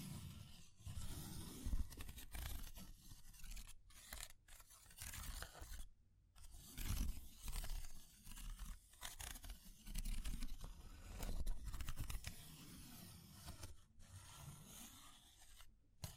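Fire crackling with dense, rough scratching and rasping textures running almost continuously, broken by a few brief silent gaps around 4, 6 and 14 seconds. Low rumbling thumps underlie the scraping, and sharp ticks pop out irregularly throughout.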